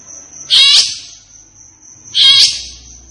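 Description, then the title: Grey-cheeked bulbul giving two loud, harsh, buzzy bursts about one and a half seconds apart, over a steady thin high whine. Captive bird singing energetically and excitedly, as tutoring material (masteran) for training other caged birds. "Cucak Jenggot Gacor. Cucak Jenggot Emosi Untuk Masteran"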